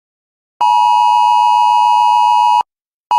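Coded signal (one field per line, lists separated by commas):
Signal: Emergency Alert System (SAME) tones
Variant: 853 and 960 Hz attention tone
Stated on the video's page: Fictional EAS-inspired scenario using deliberately invalid SAME tones, not a real alert.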